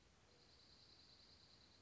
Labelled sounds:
Dark-eyed Junco (Junco hyemalis)
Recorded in Sonoma County, California

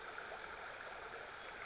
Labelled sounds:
Western Flycatcher (Empidonax difficilis)
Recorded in Sonoma County, California

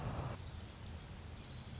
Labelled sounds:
Orange-crowned Warbler (Leiothlypis celata)
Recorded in Sonoma County, California

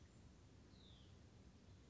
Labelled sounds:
Hutton's Vireo (Vireo huttoni)
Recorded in Sonoma County, California

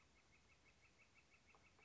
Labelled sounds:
Northern Flicker (Colaptes auratus)
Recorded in Sonoma County, California

